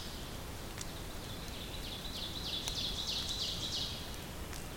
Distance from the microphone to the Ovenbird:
about 55 m